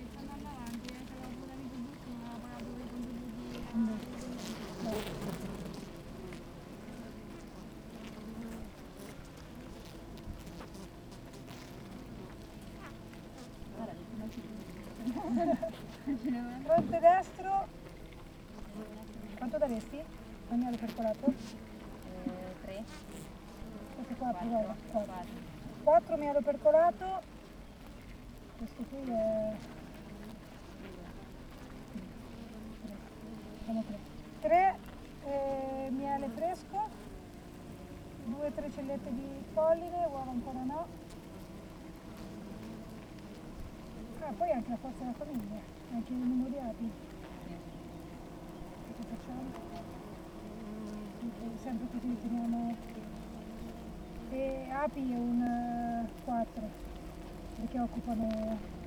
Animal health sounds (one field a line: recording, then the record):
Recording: honeybee colony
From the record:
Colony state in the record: active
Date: 28 July 2017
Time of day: 7:58